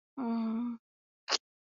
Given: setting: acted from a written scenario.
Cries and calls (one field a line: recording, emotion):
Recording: vocal sound without words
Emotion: sympathy